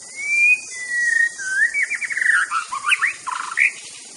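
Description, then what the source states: White-rumped shama singing loud, pure sustained whistles that break into rippling, warbled runs and fluty notes, with a faint insect hiss behind. Natural song of a wild shama in the forest.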